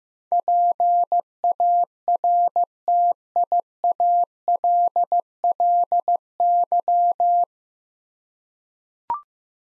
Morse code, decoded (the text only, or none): PARTIALLY